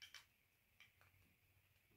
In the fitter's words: Just push it in, but then a little snap!